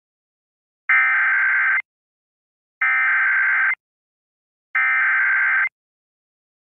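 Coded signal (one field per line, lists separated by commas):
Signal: Emergency Alert System (SAME) tones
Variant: header bursts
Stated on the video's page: Civil emergency evacuation message during Hurricane Ian on a 90.1 MHz public FM radio station in Fort Myers (100 kW), recorded via stream.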